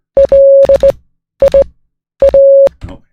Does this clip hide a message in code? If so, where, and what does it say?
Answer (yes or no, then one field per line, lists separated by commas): yes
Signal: Morse code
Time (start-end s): 0.2-2.7 s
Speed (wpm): 16 wpm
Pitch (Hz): 550 Hz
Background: speech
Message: LIA